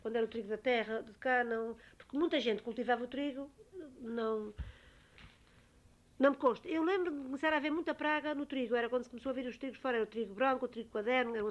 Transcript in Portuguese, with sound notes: Quando era o trigo da terra, do de cá, não… Porque muita gente cultivava o trigo, não [pausa] não me consta. Eu lembro-me de começar a haver muita praga no trigo. Era quando se começou a vir os trigos de fora: era o trigo-branco, o trigo-quaderno…